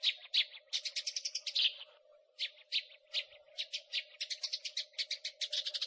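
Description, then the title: Eurasian tree sparrow chirps, rapid bursts of bright, harsh notes, a pause near two seconds, then steady chirping again over a constant low hum. "burung gereja"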